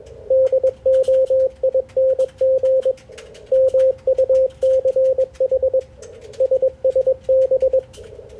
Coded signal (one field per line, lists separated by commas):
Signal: Morse code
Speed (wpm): 21 wpm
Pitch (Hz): 530 Hz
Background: radio noise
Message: DOING MUCH SSB